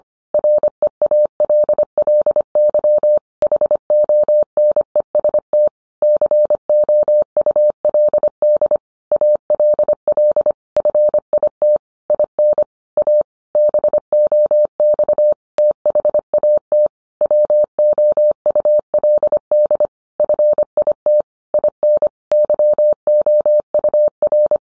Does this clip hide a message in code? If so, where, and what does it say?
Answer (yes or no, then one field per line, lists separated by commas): yes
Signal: Morse code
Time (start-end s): 0.3-24.6 s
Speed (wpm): 25 wpm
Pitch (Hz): 600 Hz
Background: none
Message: REALLY HONEST COULD ALL FIT IN A BOX THAT WOULD FIT IN YOUR